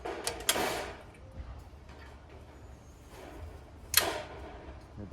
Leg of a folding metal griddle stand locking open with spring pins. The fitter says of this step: here's the click now one thing